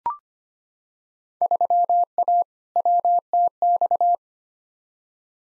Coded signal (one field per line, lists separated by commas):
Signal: Morse code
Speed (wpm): 25 wpm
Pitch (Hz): 700 Hz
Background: none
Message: 3A WTX